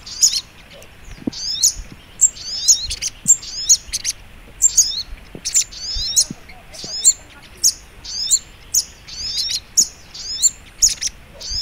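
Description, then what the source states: Little spiderhunter sounding sharp, high chip notes in brisk repeated groups, evenly spaced throughout. Training recording (masteran).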